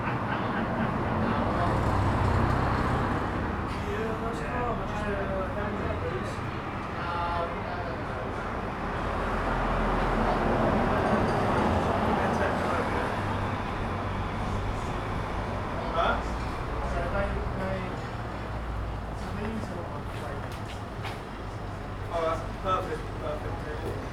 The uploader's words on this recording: Street bar. Captured on the pavement outside a small bar in a narrow street. Daylight is running out as people return home after shopping in the city. The street is decorated with Christmas lights along the length.